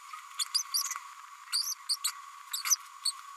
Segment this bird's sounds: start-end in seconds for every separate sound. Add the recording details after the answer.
0.54-0.63, 0.73-0.83, 1.52-1.74, 1.89-1.96, 2.04-2.11, 2.53-2.63, 3.05-3.12. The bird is a female. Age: 32 days. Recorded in a nest box in Venezuela. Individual 17B102A5